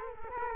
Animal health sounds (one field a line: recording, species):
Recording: mosquito wingbeat signal from an infrared sensor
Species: Culex quinquefasciatus